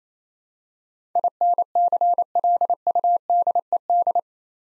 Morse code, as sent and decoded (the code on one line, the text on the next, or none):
.. -. -.-. .-.. ..- -.. . -..
INCLUDED